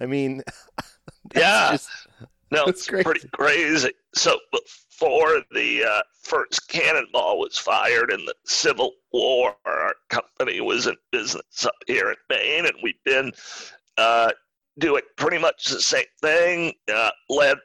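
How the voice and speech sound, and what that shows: Adult male speaker with spasmodic dysphonia, a rare neurological voice disorder in which the throat muscles spasm, squeeze and contract during speech, present since 2010. Speech is effortful, with strained, creaky voice breaks, prolonged sounds and frequent pauses.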